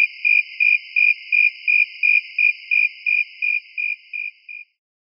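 Cricket chirps repeating regularly about three times a second, growing fainter and stopping before the end, followed by silence.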